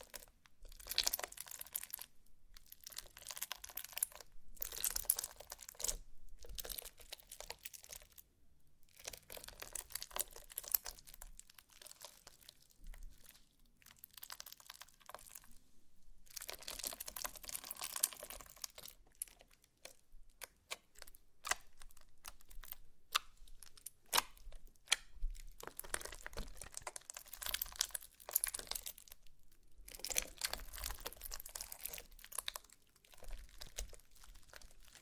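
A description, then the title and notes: Slime being squished and stretched, making bursts of bright, crackly, crinkling sound that come in quick clusters. Short silences break up the bursts every second or two, and the crackling grows thicker and louder in a few stretches, around 16 to 19 seconds and near 30 seconds. ASMR SLIME! 5 Satisfying Slimes.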